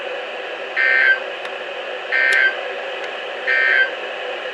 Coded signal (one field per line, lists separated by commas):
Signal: Emergency Alert System (SAME) tones